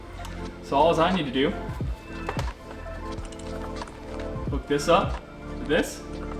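A gauge wiring harness connector is handled next to an OBD2 adapter cable on an Audi B8.5 S4 while someone talks over background music. A few short taps and clicks of handling come through, but the connector has not seated or clicked in yet.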